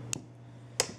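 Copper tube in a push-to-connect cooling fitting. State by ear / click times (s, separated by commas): released / 0.1 s, 0.8 s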